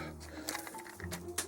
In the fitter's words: Make sure you hear that little snap.